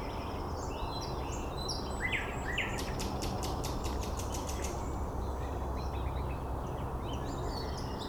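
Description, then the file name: Birds calling, including a rapid run of dry clicking notes for about two seconds, with softer chirps and warbles around it and low rumbling noise. Recorded 9 May 2014 at 06:39. "birds 140509 0639"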